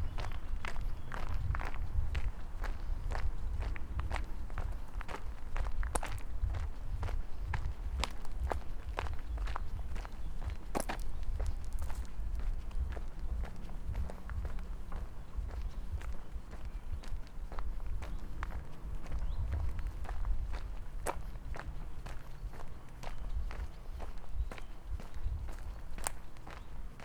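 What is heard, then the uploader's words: Footsteps on a walk from the top of Tivoli Park toward Prešernova Cesta in Ljubljana, with steady, regular steps crunching about twice a second throughout. A low, constant rumble sits underneath, and a few sharper clicks and taps stand out now and then. A walk from the top of Tivoli Park to Prešernova Cesta in Ljubljana, Slovenia.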